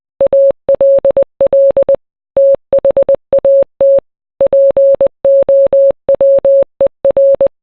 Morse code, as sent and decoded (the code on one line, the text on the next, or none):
.- .-.. .-.. / - .... .- - / .--. --- .-- . .-.
ALL THAT POWER